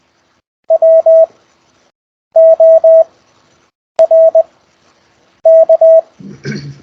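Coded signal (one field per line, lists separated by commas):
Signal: Morse code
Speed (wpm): 20 wpm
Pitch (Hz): 650 Hz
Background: none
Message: WORK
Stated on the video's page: Raw CW QSO practice exchanged over Skype, week eight.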